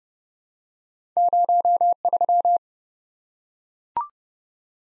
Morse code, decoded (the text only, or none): 03